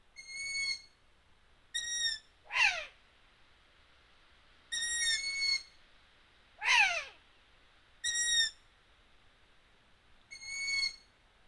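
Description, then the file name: Long-eared owl alternating short high squeaks with rough, descending screeches, several calls coming every one to three seconds against faint background hiss. Owl calls at Marbach, Riesandshöhle. "Eulenrufe Waldohreule Marbach Riesandshohle"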